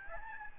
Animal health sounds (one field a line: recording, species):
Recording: mosquito wingbeat signal from an infrared sensor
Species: Aedes albopictus